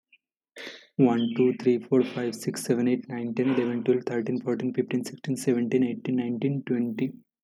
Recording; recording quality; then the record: counting at a fast pace; excellent, no background noise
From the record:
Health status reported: healthy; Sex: male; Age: 25 years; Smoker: yes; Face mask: not worn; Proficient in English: yes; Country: India